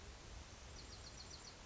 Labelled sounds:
Bewick's Wren
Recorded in Sonoma County, California

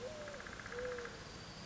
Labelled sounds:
Mourning Dove
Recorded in Sonoma County, California

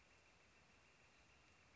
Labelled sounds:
Northern Flicker
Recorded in Sonoma County, California

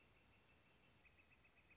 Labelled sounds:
Northern Flicker
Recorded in Sonoma County, California

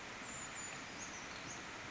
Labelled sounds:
Brown Creeper
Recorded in Sonoma County, California

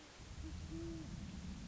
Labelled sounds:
Great Horned Owl
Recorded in Sonoma County, California

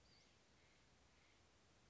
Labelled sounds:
Western Flycatcher
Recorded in Sonoma County, California

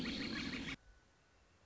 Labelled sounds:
Northern Flicker
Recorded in Sonoma County, California

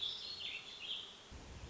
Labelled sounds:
Warbling Vireo
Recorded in Sonoma County, California

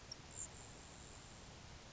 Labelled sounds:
Grasshopper Sparrow
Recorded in Sonoma County, California

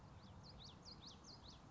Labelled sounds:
Common Yellowthroat
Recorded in Sonoma County, California

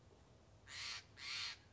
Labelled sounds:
Steller's Jay
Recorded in Sonoma County, California

